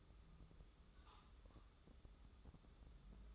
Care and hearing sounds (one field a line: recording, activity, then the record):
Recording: daily activity, microphone in the room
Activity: take from stove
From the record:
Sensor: 3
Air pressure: 995.4 hPa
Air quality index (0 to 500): 86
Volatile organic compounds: 8 ppm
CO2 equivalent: 2085 ppm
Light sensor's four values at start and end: 23/73/30/25 and 23/72/30/25